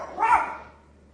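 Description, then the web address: Dog bark, a single sharp bark that fades quickly. "dogs barking"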